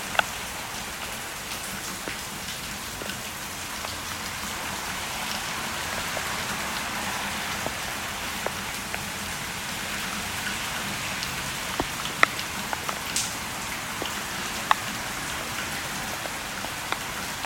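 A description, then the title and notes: Steady rain pours down in a dense, even hiss, with brighter individual drops ticking and popping at irregular moments, including a few sharper hits around the twelfth and thirteenth seconds. A faint low rumble underneath suggests traffic. Modulating Rain Drops with Atmospheric Traffic. This was recorded in LA during Hurricane Hillary.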